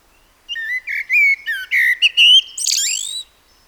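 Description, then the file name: Common blackbird song: several rich, whistled notes for about two seconds, ending in a scratchy, high flourish. "Turdus merula"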